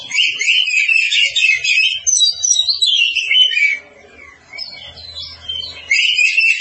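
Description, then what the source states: Oriental magpie-robin song, a long stream of rich whistles and chattering notes, pausing briefly before resuming loudly, with a faint low hum during the pause. Long-duration recording.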